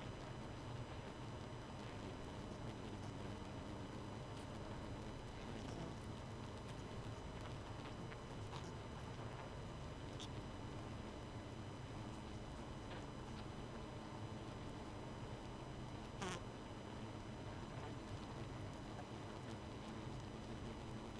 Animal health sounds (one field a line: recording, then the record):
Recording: honeybee colony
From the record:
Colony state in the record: missing queen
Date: 31 May 2018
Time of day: 22:31